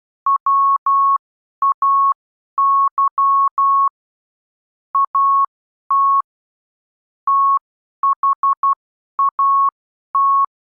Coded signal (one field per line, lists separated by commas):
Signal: Morse code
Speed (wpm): 12 wpm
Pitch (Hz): 1100 Hz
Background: none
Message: WAY AT THAT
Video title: Improve Your Morse Code: The Next Stage - Subconscious Familiarisation